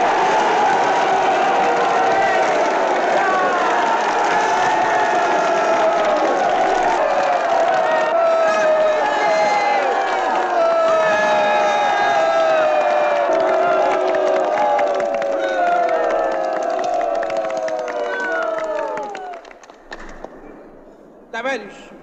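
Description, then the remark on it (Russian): A large crowd roars with sustained cheering and shouted Russian hurrahs ("Ura!"), many voices overlapping in a loud, continuous wave for about twenty seconds before tapering off abruptly at the end. “Чего хотят эти крикуны?”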